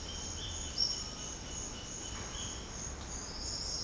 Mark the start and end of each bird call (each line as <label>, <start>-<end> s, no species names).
bird call, 0.00-2.74 s